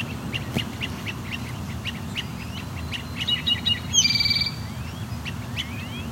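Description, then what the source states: Great crested flycatcher calls, a rough buzzy rattle about two-thirds through and a rising whistle after it, with a rapid series of short chirps and constant low rumble. Several birds, possibly up to four, fighting then flying off; acoustically urban area deeply affected by the number of people living around.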